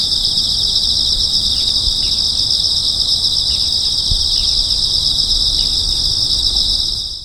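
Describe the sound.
Insects making a continuous high, even buzzing trill that holds steady throughout, with faint soft ticks below it.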